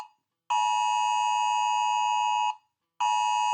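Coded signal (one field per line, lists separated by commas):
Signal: Emergency Alert System (SAME) tones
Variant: 853 and 960 Hz attention tone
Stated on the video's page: Fictional EAS scenario made with EAS Encoder software.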